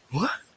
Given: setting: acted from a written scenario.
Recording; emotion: vocal sound without words; negative surprise